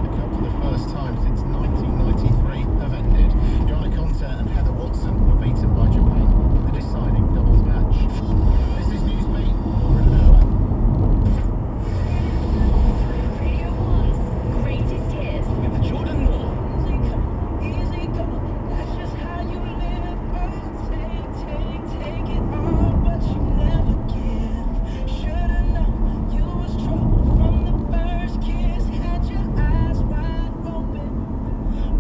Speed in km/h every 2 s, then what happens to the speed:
81, 71, 74, 77, 72, 77, 81, 85, 87, 89, 85, 77, 71, 68, 64, 63.
0-9 slows to 72. 9-18 speeds up to 89. 18-32 slows to 63.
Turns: none.